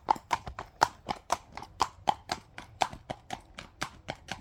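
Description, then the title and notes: Horses trotting: sharp hoof clops in a steady, slightly uneven rhythm, with little other sound. Several horses trotting. "Caballos Trote. Caballos trotando"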